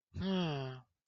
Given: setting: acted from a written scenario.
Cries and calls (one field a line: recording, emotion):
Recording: vocal sound without words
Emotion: pride